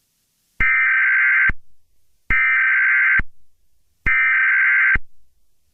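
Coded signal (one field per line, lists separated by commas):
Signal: Emergency Alert System (SAME) tones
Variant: header bursts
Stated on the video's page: EAS alert on a TiVo DirecTV box, used as an anti-piracy feature.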